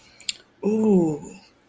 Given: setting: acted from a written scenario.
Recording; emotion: vocal sound without words; realization